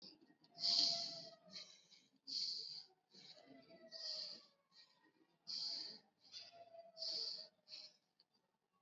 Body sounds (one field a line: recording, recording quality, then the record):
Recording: deep breathing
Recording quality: excellent, no background noise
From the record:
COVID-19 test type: RT-PCR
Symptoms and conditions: sore throat, fever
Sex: male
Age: 22 years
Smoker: no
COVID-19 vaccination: one dose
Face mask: worn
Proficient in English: yes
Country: India